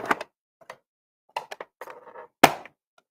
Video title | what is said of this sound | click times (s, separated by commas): "Crossdeck" Episode 74 - GRS Build-A-Cade 1:6 Scale Build - Journey | until it pops into place. Okay, that was step 22. | 2.4 s